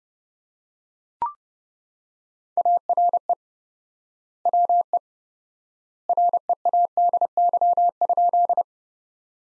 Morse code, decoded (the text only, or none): ARE WE READY?